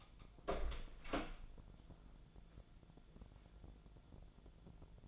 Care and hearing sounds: daily activity, microphone in the room; open door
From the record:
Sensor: 5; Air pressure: 1000.5 hPa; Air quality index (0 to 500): 157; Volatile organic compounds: 2 ppm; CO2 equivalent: 1207 ppm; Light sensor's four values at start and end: 50/116/49/52 and 50/116/48/52

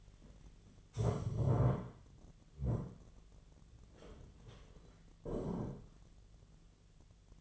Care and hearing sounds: daily activity, microphone in the room; stand up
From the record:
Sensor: 4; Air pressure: 1008.7 hPa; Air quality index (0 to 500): 171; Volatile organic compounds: 5 ppm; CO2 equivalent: 1712 ppm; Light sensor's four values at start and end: 23/72/27/26 and 23/72/27/26

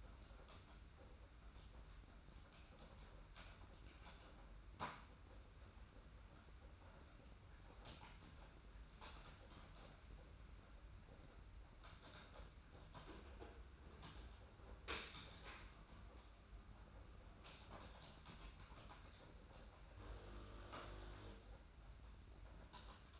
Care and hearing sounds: daily activity, microphone in the room; typing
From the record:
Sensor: 2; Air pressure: 991.6 hPa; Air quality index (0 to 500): 193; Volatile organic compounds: 1000 ppm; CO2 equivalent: 6348 ppm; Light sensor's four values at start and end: 27/85/33/31 and 27/85/33/31

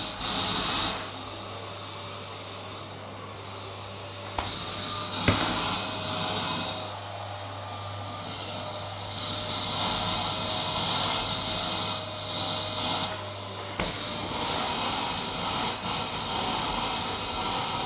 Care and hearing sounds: daily activity, microphone in the room; vacuum cleaning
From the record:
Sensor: 3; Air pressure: 1010.2 hPa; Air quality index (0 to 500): 171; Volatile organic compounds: 10 ppm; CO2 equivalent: 2232 ppm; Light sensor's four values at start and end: 46/115/50/55 and 48/119/52/57

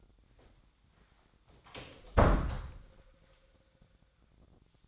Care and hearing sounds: daily activity, microphone in the room; close door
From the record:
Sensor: 3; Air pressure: 1009.2 hPa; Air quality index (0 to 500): 194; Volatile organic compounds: 4 ppm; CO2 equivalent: 1564 ppm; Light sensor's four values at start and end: 45/118/51/51 and 45/117/51/51

